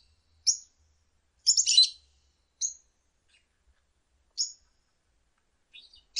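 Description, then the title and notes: Lovebird calls: thin, high, sharp chips and one short scratchy burst, irregularly spaced with quiet gaps between. Lovebird ngekek song, used as a bait song to prompt other lovebirds to sing. "Master Kicau Lovebird ngekek, kicau pancingan"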